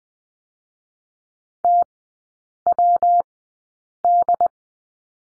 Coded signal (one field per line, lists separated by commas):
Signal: Morse code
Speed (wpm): 20 wpm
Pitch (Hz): 700 Hz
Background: none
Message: TWD